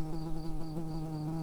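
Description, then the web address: Early bumblebee buzzing, a low steady drone with rich harmonics. Workers. "bumblebees Pratorum-workers"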